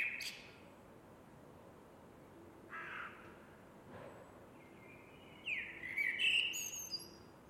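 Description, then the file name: Eurasian blackbird song: scattered soft notes early on, then a loud mellow whistled phrase breaking into high twittering near the end, with steady background hiss. "MERLES"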